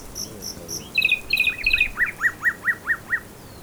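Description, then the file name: Common nightingale singing: high clicking notes, a short descending series, then six clear notes spaced evenly. "Luscinia megarhynchos"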